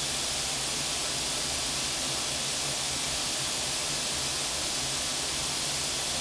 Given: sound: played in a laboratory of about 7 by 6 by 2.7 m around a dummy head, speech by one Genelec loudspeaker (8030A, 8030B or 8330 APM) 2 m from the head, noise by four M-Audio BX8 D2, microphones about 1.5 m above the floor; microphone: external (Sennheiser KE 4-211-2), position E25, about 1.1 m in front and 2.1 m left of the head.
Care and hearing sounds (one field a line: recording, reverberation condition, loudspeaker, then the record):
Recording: white noise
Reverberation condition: medium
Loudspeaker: four, about 170 cm from the corners of the room and facing them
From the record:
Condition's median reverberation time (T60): about 510 ms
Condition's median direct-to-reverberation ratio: about -0.5 dB